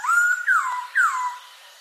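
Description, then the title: Mixed birds, whistled song: a level whistle followed by two sharply falling whistled slurs, about half a second apart, then fading. "Burung Campur"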